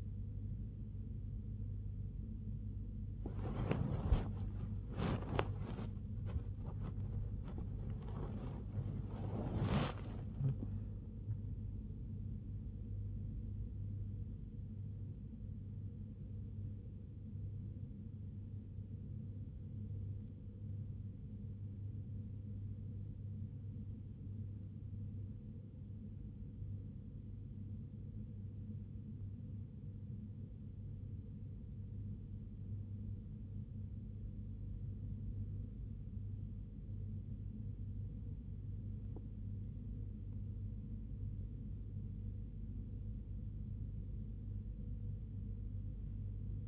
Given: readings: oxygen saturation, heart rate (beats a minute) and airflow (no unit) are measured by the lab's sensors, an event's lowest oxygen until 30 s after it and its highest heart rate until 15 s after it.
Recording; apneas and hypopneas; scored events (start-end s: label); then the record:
breathing in sleep by a smartphone at the bedside; 1
16.00-40.20 s: hypopnea (N1, oxygen 96% highest, then 93% lowest, heart rate 77 at the start, 83 highest)
30.00-46.68 s: new sleep stage, N2 (light sleep)
From the record:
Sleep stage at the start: N1 (lightest sleep); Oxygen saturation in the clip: 93 to 96%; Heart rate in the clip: 65 to 85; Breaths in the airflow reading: 15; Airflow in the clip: -1.3 to 1.2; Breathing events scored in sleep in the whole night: 101 in 7.3 hours asleep